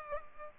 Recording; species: mosquito wingbeat signal from an infrared sensor; Culex pipiens